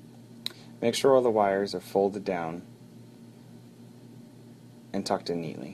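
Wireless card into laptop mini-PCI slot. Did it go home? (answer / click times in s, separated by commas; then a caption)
yes / 0.5 s. A wireless card is pushed down into the mini-PCI slot of a Dell Latitude D620/D630 laptop until its retaining clips catch, giving a loud, sharp click at 0.5 s. The card is seated. Someone talks before and after the click.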